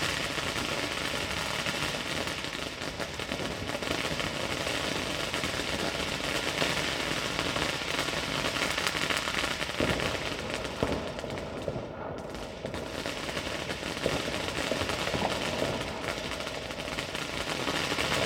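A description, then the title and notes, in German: New Year's Eve fireworks crackle in a dense, unbroken roar of pops and bangs, with brief sharper bursts around ten and fifteen seconds. Silvesternacht: Feuerwerk und Freude.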